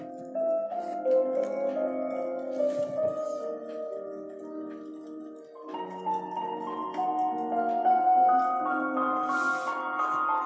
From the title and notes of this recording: Study with me-dark academia piano near a fireplace.